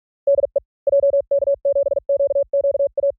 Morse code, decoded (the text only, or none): DE JK7QQA